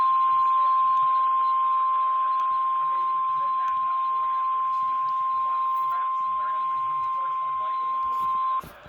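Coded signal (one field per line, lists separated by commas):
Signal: Emergency Alert System (SAME) tones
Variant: 1050 Hz attention tone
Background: speech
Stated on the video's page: Real severe thunderstorm warning received on a NOAA Weather Radio.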